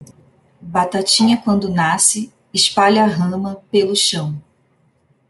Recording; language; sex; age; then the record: short text; Brazilian Portuguese; female; 30 to 39 years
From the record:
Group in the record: control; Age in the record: 36 years